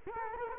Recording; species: mosquito wingbeat signal from an infrared sensor; Culex quinquefasciatus